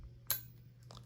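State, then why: Seated. With the small detent button held in, the metal gas valve of a SIG MCX Rattler LT rifle is turned in its gas block until it clicks sharply at 0.3 s, then fainter handling taps follow near 0.9 s. The gas valve is seated and locked into the gas block.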